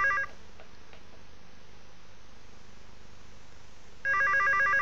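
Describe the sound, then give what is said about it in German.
A telephone rings in two short electronic bursts, one at the start and another about four seconds later, left ringing so the call can be traced, with a low, quiet hum in between and no voices. “Dreimal läuten lassen wegen der Ortung.”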